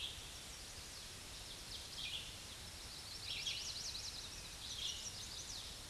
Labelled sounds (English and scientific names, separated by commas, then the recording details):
Red-eyed Vireo (Vireo olivaceus) song
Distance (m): 40 m
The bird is about 15 m above the microphone
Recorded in a Pennsylvania forest on 16 May 2024 at 07:33
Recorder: AudioMoth, point MSD-2456
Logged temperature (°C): 16.4 °C
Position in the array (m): 180 m, 75 m